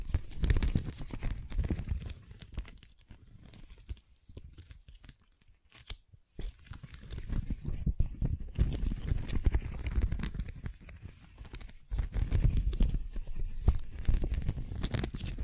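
Scratching and tracing on a surface, a dense run of rough, papery strokes with a low rumble beneath them and crisp bright edges. The strokes thin out and nearly stop around four to six seconds, then return steadily and grow louder after twelve seconds.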